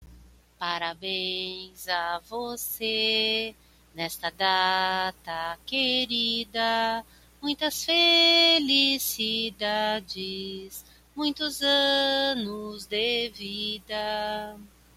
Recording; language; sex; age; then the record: short text; Brazilian Portuguese; female; 40 to 49 years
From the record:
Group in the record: control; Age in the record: 49 years